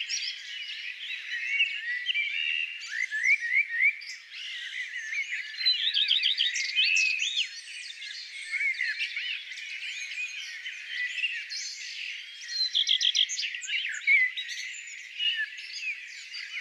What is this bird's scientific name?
Phoenicurus phoenicurus